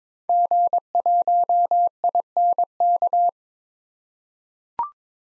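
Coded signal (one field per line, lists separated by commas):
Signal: Morse code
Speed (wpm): 21 wpm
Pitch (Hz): 700 Hz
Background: none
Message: G1INK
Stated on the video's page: Morse drill of common SOTA activator call signs at 22 wpm for head-copy practice.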